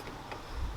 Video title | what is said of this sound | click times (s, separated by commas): Audi S3 8V FL Upgraded Windshield Nozzles - DIY INSTALL | and then you'll hear a very very very small click and | 0.3 s